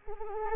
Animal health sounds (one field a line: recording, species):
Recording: mosquito wingbeat signal from an infrared sensor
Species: Anopheles arabiensis